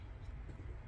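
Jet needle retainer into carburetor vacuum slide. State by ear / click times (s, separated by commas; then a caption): not seated / none. The plastic jet needle retainer and spring seat from a Dynojet jet kit for a Yamaha Raptor 660 is handled while being pressed down into the center hole of the carburetor vacuum slide. Only a steady, low-pitched rumbling background noise is heard, with no sharp sounds. Nothing has seated or snapped into place yet.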